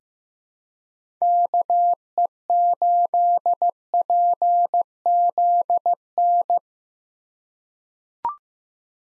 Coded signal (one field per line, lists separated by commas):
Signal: Morse code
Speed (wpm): 15 wpm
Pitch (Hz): 700 Hz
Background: none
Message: KE8PZN